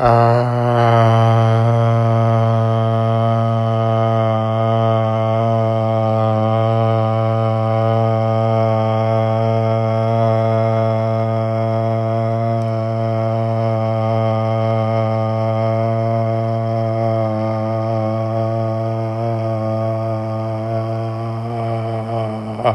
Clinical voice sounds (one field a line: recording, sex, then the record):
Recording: sustained vowel /a/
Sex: male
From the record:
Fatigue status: no fatigue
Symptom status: asymptomatic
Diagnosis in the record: COVID-19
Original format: m4a